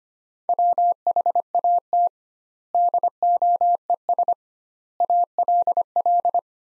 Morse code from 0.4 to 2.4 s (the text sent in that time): WHAT